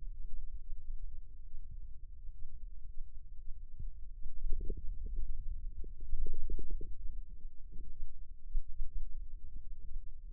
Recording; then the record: forearm muscle sounds (acoustic myography)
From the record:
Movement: ulnar deviation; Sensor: system 2, bracelet of six BSWA MPA416 microphones around the upper forearm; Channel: 6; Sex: male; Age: 22 years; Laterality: right